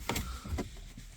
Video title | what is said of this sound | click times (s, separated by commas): 2023 Colorado BulletPoint Mount install for your phone radio camera and more | and we basically put it back in place pushing down until you hear the audible clicks | 0.1 s, 0.2 s